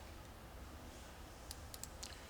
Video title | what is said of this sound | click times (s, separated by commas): Tactical One Piece Scope Mount Diving Board Instructions | and we heard the click at that point no air gap all gone this | 1.5 s, 1.7 s, 1.8 s, 2.0 s